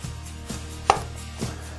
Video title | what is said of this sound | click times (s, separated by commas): Garmin nuvi 2797 | go together with a little bit of force you're going to hear it snap and then it's in place | 0.9 s